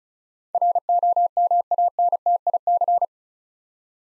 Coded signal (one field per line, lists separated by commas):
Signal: Morse code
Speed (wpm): 34 wpm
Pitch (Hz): 700 Hz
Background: none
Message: ROMANTIC